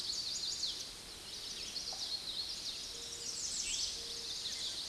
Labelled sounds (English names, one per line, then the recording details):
American Redstart song
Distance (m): 35 m
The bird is about 10 m above the microphone
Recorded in a Pennsylvania forest on 16 May 2024 at 06:13
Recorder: AudioMoth, point MSD-2377
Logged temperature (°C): 16.1 °C
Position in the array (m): 110 m, 226 m